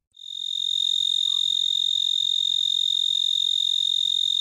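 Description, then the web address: Black-horned tree cricket song: a continuous, steady high-pitched trill with a pure ringing tone, starting abruptly and holding an even level throughout. "The Songs of Insects Black-horned Tree Cricket"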